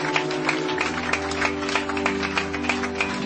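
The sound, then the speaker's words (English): An audience at a church service claps to the Lord steadily, with dense overlapping hand claps forming a continuous patter, while a low sustained musical tone hums underneath throughout. “Somebody let us clap to the Lord.”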